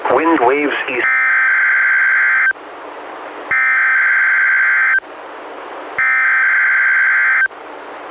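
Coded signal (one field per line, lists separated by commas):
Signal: Emergency Alert System (SAME) tones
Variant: header bursts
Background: speech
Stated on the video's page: Real NOAA Weather Radio required weekly tests from NWS Portland via the Astoria transmitter, received on a Reecom R-1630 weather radio, recorded with a Zoom H1.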